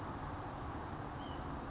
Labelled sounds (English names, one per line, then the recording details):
White-breasted Nuthatch
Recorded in Sonoma County, California